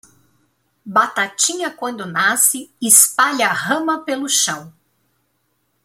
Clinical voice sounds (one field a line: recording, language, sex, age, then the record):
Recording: short text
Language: Brazilian Portuguese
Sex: female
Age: 40 to 49 years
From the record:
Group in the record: control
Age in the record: 41 years